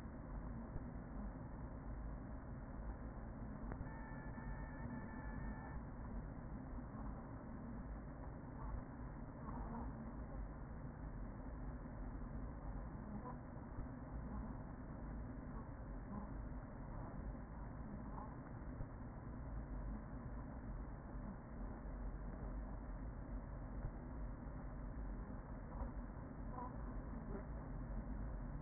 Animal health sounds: honeybee colony, microphone inside the hive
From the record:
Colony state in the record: queen present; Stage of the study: after two queens were removed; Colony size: about 40,000 bees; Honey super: no

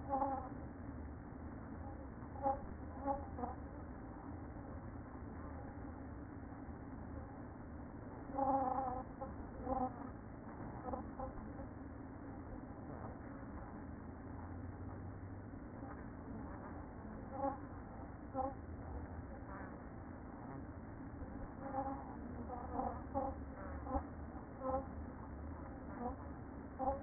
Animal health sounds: honeybee colony, microphone inside the hive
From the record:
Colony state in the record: queen present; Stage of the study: after two queens were removed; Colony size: about 60,000 bees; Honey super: yes

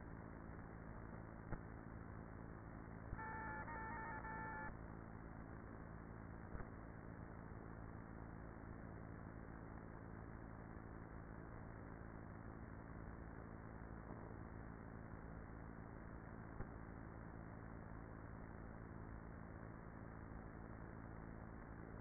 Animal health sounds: honeybee colony, microphone inside the hive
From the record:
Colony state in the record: queenless with a low population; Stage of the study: after two queens were removed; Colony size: about 30,000 bees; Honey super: no

